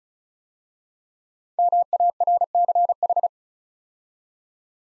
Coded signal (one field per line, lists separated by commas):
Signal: Morse code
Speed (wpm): 36 wpm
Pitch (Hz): 700 Hz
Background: none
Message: MARCH